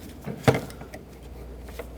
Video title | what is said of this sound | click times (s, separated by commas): How to Replace Hood Latch Release Cable 2007-2009 Saturn Aura | make sure it clicks let's bolt it up | 0.5 s